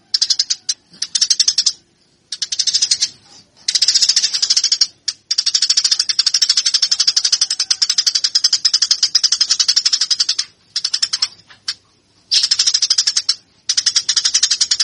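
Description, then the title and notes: Eurasian tree sparrow pouring out a long, buzzy run of rapid chirps, nearly continuous, with a few short breaks throughout. Fighting call of a cage bird, presented as master training audio for caged birds. "MASTER GEREJA TARUNG. burung gereja"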